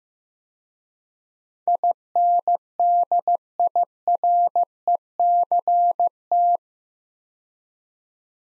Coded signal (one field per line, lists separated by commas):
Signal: Morse code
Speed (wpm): 15 wpm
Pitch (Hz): 700 Hz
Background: none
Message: INDIRECT